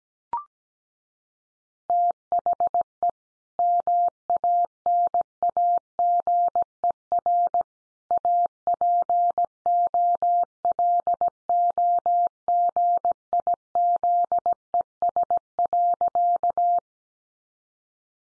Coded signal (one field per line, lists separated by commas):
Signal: Morse code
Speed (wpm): 17 wpm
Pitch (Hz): 700 Hz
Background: none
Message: THE MANAGER APOLOGIZES.